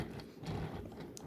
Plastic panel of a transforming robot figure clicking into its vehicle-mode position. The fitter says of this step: So make sure that when you're transforming him, you hear a little click right there